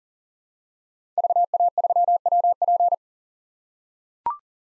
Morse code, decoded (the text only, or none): VA3WP